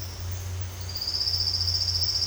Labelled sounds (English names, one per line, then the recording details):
none
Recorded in dense forest near Puerto Asís, Putumayo, Colombia, on 8 March 2025 at 13:30
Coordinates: 0.468, -76.322
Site GP01